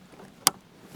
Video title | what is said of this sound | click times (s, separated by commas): A Fantastic Lithium Power Station For Power Outages and RV Camping | once they click like that they don't come back out so it's not going to vibrate loose on the road | 0.5 s